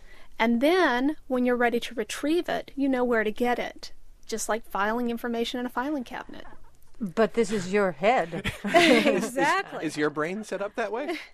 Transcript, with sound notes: And then when you're ready to retrieve it, you know where to get it, just like filing information in a filing cabinet."
"But this is your head." [laughter]
"Exactly."
"Is your brain set up that way?"